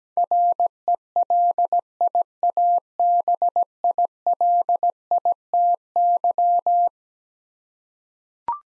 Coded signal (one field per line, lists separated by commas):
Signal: Morse code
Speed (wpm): 17 wpm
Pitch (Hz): 700 Hz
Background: none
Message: RELIABILITY